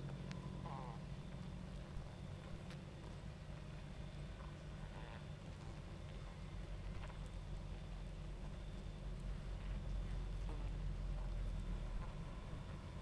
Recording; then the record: honeybee colony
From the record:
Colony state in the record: active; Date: 28 July 2017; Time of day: 22:52